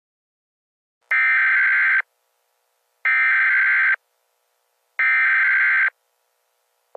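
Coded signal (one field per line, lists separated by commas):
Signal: Emergency Alert System (SAME) tones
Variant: header bursts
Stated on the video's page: Fictional EAS scenario based mostly on the film "Hard Rain."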